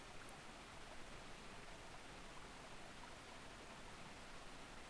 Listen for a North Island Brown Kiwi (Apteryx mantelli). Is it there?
no